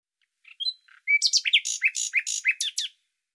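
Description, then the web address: Bird song: a few thin whistles, then a fast jumble of about a dozen sharp, sweeping chirps over two seconds, against a silent background. "Deverinetal 2025"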